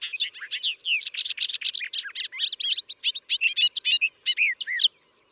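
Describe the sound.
Bobolink singing a long, tumbling burst of squeaky, metallic, bubbling notes, fast and jumbled, with no pause until it stops abruptly near the end.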